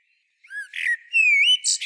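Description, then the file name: Common blackbird giving a brief squeaky twitter, a rising slurred whistle then harsh scratchy notes, all in under two seconds. "Turdus merula"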